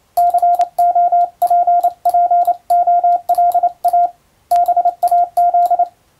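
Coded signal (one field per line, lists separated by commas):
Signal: Morse code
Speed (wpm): 28 wpm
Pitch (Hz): 700 Hz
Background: radio noise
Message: COPPOLA BAZ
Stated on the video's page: Morse sent with a telegraph key by a first-class radiotelegraph operator during amateur radio contacts.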